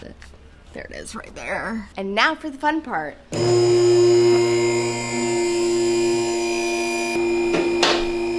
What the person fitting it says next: Those clicks you hear are like mechanical locks.